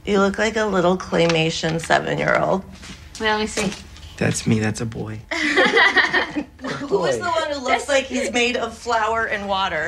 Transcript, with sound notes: You look like a little claymation 7-year-old.
Wait. Let me see.
That's me. That's a boy.
(LAUGHTER) Who is the one who looks like he's made of flour and water?